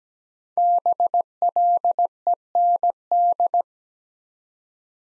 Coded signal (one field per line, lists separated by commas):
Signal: Morse code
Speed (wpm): 17 wpm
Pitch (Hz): 700 Hz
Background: none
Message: BLEND